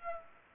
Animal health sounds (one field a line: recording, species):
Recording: mosquito wingbeat signal from an infrared sensor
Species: Aedes aegypti